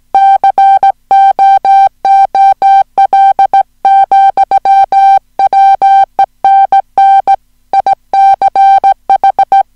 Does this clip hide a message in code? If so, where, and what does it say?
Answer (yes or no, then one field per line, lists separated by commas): yes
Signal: Morse code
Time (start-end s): 0.1-9.6 s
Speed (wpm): 17 wpm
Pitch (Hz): 780 Hz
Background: music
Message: COOL, WENN ICH